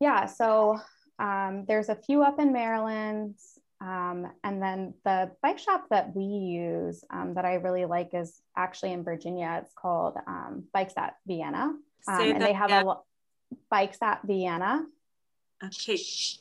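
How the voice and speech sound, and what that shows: A woman speaks fluently at a relaxed conversational pace with ordinary fillers and pauses; typical adult speech.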